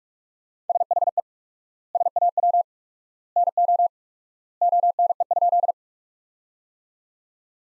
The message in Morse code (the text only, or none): SHE SAW NO ONE?